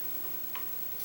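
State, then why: Seated. A plastic cartridge overlay is laid onto a craft cutting machine's keypad and pressed down until it snaps into position. Over a steady hiss, a short sharp click sounds at 0.6 s and a second click at 1.1 s (1.05 s) as the overlay pops into place and fits there, seated.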